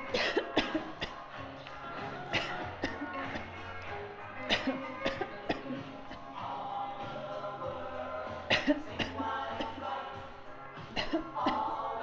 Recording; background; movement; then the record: voluntary coughing; music; walking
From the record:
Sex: female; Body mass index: 25.5 kg/m2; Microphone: on the chest, facing outward